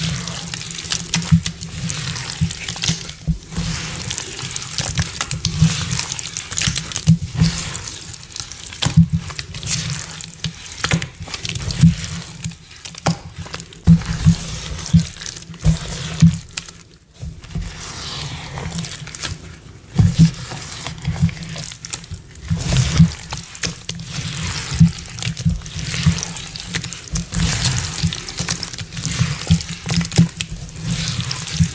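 Paste being mixed and filling molds, a wet, crackling clatter that surges and dips unevenly over a steady low rumble throughout.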